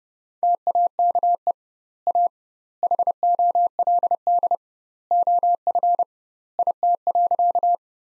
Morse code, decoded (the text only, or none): TAKE A HOLD OF IT.